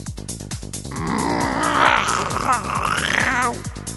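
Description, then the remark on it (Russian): A mechanical cat sitting on construction scaffolding beside a stage lets out a long, gravelly grunt in reply, a drawn-out throaty groan that wavers in pitch for a few seconds after a brief rattling start, with no talking. “Прокряхтело над ухом в ответ.”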